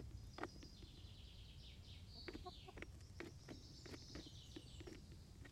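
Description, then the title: Chickens giving soft, short clucking notes among rapid pecking clicks, with small birds chirping and twittering high above throughout. Chickens in a henhouse making little noises while eating, Laren, Gelderland, 18 July 2015. "Henhouse. Kippenhok (Laren Gld"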